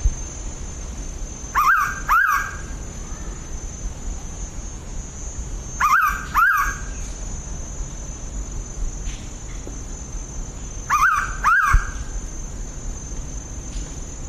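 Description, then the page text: Mangrove pitta calling: paired whistled notes, each pair repeated about every four to five seconds, three pairs in all, with a faint constant high-pitched hum behind. "Yong Ding Li - Мангровая питта (Pitta megarhyncha)"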